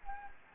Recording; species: mosquito wingbeat signal from an infrared sensor; Anopheles gambiae